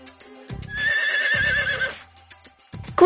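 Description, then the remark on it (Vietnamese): The lead horned horse of a herd whinnies in a long, loud, quavering neigh that rises and wavers over about a second, with low snorting breaths and thuds before and after, ending in a sharp squeal. “Ngựa sừng đầu đàn.”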